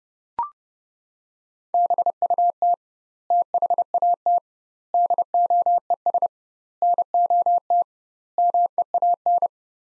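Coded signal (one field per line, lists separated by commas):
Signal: Morse code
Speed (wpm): 30 wpm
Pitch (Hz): 700 Hz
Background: none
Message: BUT THAT DOES NOT MEAN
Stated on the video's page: Morse practice drill, sets of five words at 30 wpm with 2x word spacing, a Farnsworth-like method.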